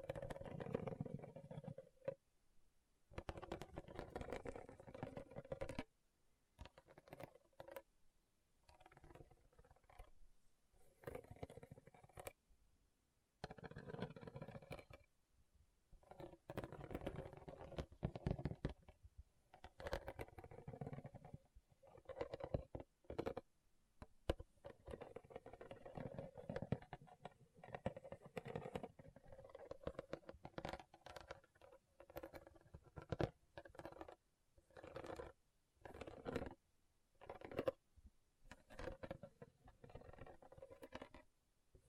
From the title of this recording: RHINESTONE Tapping & Scratching Sounds